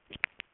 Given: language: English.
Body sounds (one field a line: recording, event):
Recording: throat vibration sensor signal played as sound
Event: swallow